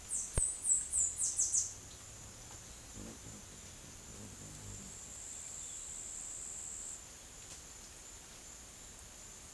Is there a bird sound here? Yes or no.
yes